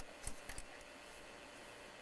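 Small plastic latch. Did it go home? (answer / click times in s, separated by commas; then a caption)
yes / 0.3 s. On a Power Macintosh 7300 with its logic-board chassis lifted out of the case, a plastic support foot is swung into position and locked so the chassis rests on it. A small sharp click at 0.3 s marks the foot locking into place, followed by two softer ticks around 0.5 and 0.6 s against a quiet background. The foot is seated in its locked position.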